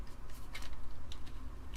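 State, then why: Not seated. A new metal tip is slid onto the heater of a Hakko FR-300 desoldering gun with a plastic tool that lets the tip be changed while hot. A few light plastic-on-metal ticks and scrapes sound over a low steady hum. The tip has not locked in yet because it has not heated up enough, and nothing has seated or clicked.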